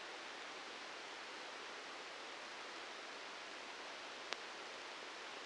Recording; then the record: brain microelectrode recording played as sound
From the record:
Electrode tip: outside the subthalamic nucleus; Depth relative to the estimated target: 5 mm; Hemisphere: right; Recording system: NeuroSet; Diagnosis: Parkinson's disease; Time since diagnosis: 10 years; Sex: male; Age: 56 years